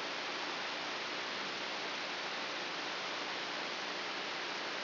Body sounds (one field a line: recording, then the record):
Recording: brain microelectrode recording played as sound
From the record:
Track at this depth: inside the subthalamic nucleus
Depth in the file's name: 1.456 mm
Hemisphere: left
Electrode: 2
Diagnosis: Parkinson's disease